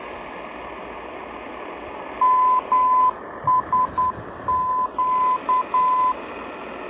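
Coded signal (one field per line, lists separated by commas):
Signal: Morse code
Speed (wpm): 10 wpm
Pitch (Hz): 1010 Hz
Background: none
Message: MSQ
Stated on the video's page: Non-directional airport beacon on 351 kHz received on a Tecsun PL-990 longwave, comparing internal ferrite, external antenna, and antenna plus ground.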